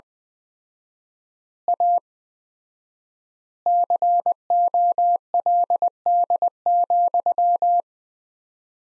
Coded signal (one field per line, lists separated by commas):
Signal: Morse code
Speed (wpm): 21 wpm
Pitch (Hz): 700 Hz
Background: none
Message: A COLD,